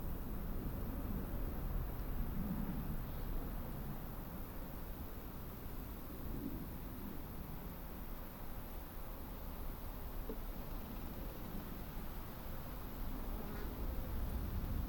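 A summer meadow at a woodland edge, filled with a steady low hum that sounds like buzzing insects. The murmur stays even throughout, weighted toward the low end with a faint airy hiss above. Small soft ticks surface briefly around ten and fourteen seconds.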